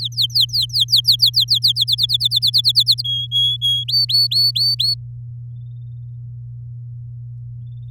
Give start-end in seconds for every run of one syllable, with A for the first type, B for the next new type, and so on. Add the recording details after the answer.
0.00-1.72 A, 1.75-3.02 B, 3.04-3.84 C, 3.88-4.94 D. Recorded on 6 May 2018 at 06:07. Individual llb16